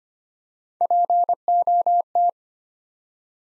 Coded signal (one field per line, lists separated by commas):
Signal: Morse code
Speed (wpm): 25 wpm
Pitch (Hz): 700 Hz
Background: none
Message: POT